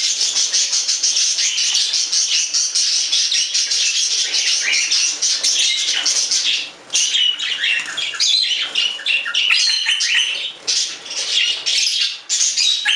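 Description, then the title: Budgerigar chattering in an unbroken stream of rapid squeaks, clicks and short whistles, with only a few tiny breaks. "Budgie Sounds"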